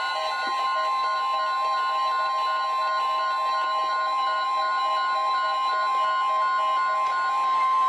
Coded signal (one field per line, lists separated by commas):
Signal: Emergency Alert System (SAME) tones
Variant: 1050 Hz attention tone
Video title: EAS #1204-1208: Marine Warnings and Tests | KHB36